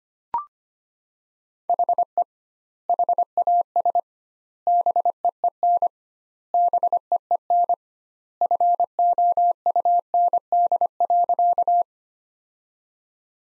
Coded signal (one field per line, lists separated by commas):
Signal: Morse code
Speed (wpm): 25 wpm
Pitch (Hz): 700 Hz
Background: none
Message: HE HAS BEEN BEEN FOUND.